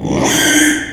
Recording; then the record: squeal of a Yucatan mini pig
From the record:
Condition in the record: after surgery on the right vocal fold (resection and tissue-engineered implant); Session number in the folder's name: 3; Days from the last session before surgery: 33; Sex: male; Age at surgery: 12 weeks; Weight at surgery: 13 kg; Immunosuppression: cyclosporine, prednisolone